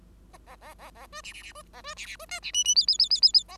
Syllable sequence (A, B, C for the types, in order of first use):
A A A A B C C C B A B C C B D C E E F F F F F F A